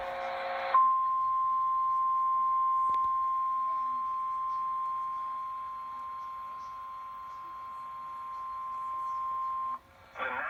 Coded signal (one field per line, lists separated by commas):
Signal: Emergency Alert System (SAME) tones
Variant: 1050 Hz attention tone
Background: speech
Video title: SVR #2 on KHQ-DT (EAS #1069)